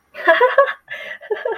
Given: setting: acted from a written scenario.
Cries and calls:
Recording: vocal sound without words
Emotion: amusement

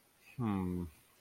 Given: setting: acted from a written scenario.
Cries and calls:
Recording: vocal sound without words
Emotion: confusion

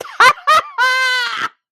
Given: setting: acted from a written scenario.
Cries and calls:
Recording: vocal sound without words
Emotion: triumph

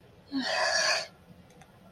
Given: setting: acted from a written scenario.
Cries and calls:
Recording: vocal sound without words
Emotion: shame

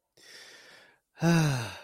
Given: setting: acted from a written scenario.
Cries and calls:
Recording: vocal sound without words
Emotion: serenity

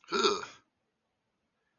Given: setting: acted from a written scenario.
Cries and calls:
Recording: vocal sound without words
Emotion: negative surprise

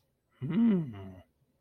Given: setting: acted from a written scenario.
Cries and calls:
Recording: vocal sound without words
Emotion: desire

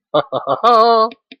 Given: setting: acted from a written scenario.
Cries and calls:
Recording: vocal sound without words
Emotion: triumph

